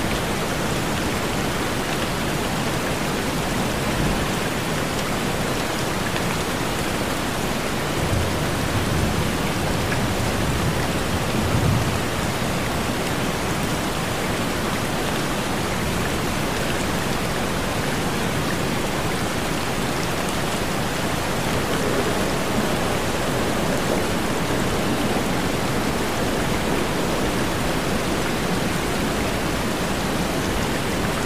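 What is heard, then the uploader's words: Rain and a tropical waterfall pour in a dense, unbroken roar that fills everything from low rumble to bright hiss. The level stays nearly constant for the whole half minute, with only a faint low swell near the twelve-second mark. Raining Sounds by Tropical Waterfall with Distant Thunder.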